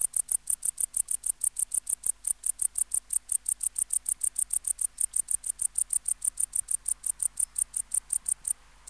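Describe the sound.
Tettigonia hispanica bush-cricket song: a long, even series of rapid short high buzzy syllables, continuing without pause until just before the end.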